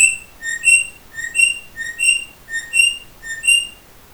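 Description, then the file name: Eastern rosella whistled call: clear, pure notes alternating between a lower and a higher pitch, repeated steadily about every two-thirds of a second, with no other sounds. "Platycercus eximius impress call"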